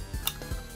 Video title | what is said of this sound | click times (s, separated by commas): Toys for the Ages Expo 2022 - Part 2 (Episode 89 - ReeYees Retro Toys) | You press this down, a second, like this. You hear a click, pull it up, has a new face. | 0.3 s